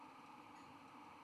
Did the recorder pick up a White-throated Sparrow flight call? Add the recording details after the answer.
no. No flight call is heard. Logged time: 00:41 on 17 November 2014